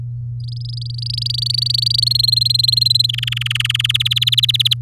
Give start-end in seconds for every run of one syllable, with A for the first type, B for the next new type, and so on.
0.40-2.04 A, 2.06-3.06 B, 3.09-3.92 C, 3.94-4.74 D